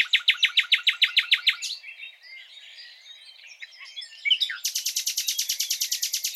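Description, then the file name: Common nightingale singing a rapid run of loud repeated notes, a soft twittering interlude, then another long series of quick, even notes. "Luscinia megarhynchos"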